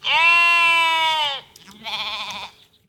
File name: Sheep Baaing 2 Norwegian Sheep Expressing Itself Concisely To Her Lamb